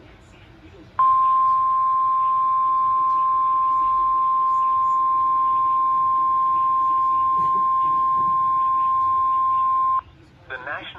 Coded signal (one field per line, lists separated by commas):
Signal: Emergency Alert System (SAME) tones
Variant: 1050 Hz attention tone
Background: speech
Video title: June 23rd, 2024 Severe Thunderstorm Warning for Sullivan County, NH - EAS 1.